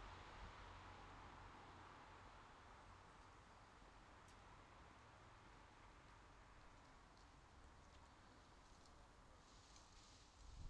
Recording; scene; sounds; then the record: everyday scene through a hearing-aid microphone; in traffic; traffic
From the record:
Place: bus stop on a city main road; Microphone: in the ear canal, left